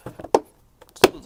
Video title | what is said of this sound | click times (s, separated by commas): How to Change a Doge Magnum Air Filter 3.5 V6 | both snap into place and you're done | 0.3 s, 1.0 s